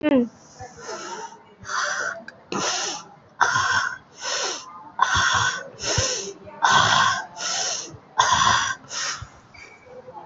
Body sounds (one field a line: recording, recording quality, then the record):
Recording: shallow breathing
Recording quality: excellent, no background noise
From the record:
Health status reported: COVID-19 positive, moderate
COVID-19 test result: positive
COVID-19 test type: RT-PCR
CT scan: taken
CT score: 5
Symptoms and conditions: cough, cold, sore throat, fever, fatigue, muscle pain, diarrhoea, diabetes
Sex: female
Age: 63 years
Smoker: no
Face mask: worn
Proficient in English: yes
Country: India